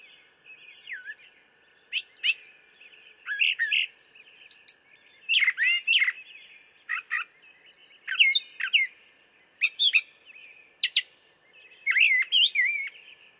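Brown thrasher singing varied phrases, chirps, slurs and harsh notes, many given twice in quick succession, over a constant background hum.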